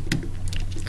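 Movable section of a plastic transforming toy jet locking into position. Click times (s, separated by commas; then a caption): 0.1 s. While a release tab is held back, a movable plastic section of a Yamato Macross Plus 1/60 VF-11B transforming model jet is swung down and snaps into its locked position with a sharp click at 0.1 s. Softer clicks and taps follow as the part is checked, and it stays locked without moving.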